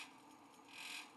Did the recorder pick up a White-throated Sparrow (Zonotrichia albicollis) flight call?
no